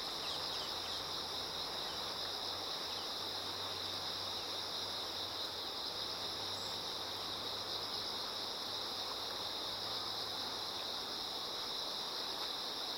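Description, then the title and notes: Insect chorus as an unbroken high-pitched drone, holding even for the whole stretch, above the steady hiss of a flowing river. Many insects singing in chorus beside a slowly flowing river. "流れる川の音、虫の歌声. 川がゆっくり流れる音にのせて、虫たちが合唱する"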